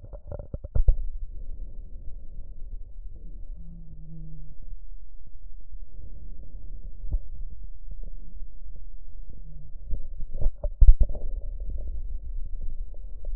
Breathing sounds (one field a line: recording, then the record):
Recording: lung sounds by stethoscope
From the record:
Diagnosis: emphysema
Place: left posterior upper chest